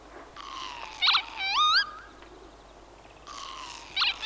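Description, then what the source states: Northern Lapwing with a wheezy drawn note, a buzzy burst and a rising slurred whistle, the sequence starting again near the end. Field recording from Sweden.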